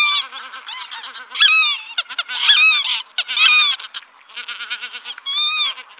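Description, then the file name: Greater white-fronted goose calls in loud bursts of high, squeaky, laughing honks from several birds, separated by short gaps. "Anser albifrons"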